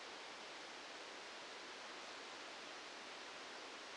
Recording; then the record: brain microelectrode recording played as sound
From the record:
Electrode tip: outside the subthalamic nucleus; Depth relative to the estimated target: -4 mm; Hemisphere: right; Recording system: NeuroSet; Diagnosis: Parkinson's disease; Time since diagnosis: 8 years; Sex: male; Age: 65 years